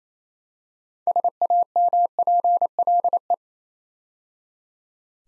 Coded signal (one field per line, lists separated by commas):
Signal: Morse code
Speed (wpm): 27 wpm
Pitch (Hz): 700 Hz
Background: none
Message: SAMPLE